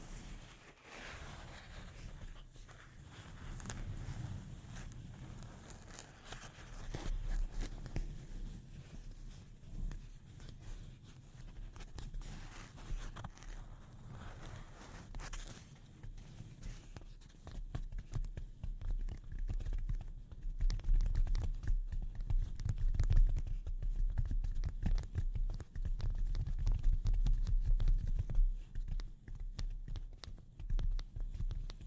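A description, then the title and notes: Delicate scratching and tapping on a microphone, with a steady low rumble underneath and soft rustling throughout. The first half stays quieter and more even; after about fifteen seconds the taps become denser and sharper, crisp clicks coming in quick, irregular bursts. ASMR Delicate Mic Scratching and Tapping Triggers.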